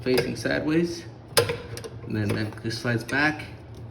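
Someone talks while sliding the second metal retaining clip, which had been fully removed, back onto the motor of a Whirlpool washer during a motor coupling replacement, with light metallic handling noises. Nothing has seated or clicked yet.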